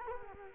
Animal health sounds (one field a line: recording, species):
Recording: mosquito wingbeat signal from an infrared sensor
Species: Culex quinquefasciatus